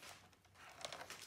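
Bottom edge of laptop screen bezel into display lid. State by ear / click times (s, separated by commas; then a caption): not seated / none. Someone presses the bottom edge of a plastic laptop screen bezel into the display lid, trying to snap it in. Soft rubbing and crinkling build to sharp ticks at 0.9 s, 0.9 s and 1.1 s. The bezel has not snapped in; nothing has seated or clicked yet.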